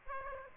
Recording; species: mosquito wingbeat signal from an infrared sensor; Aedes aegypti